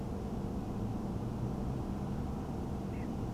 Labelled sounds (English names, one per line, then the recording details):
Little Bittern
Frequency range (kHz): Little Bittern 1.5-3.0 kHz
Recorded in France